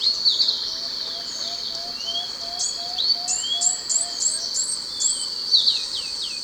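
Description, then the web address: Orange-eared tanager giving very high, thin downslurred chirps in scattered short series, set against a constant high-pitched insect drone. Ecuador. "Natures Songs S America Birds of Ecuador. Orange-Eared Tanager"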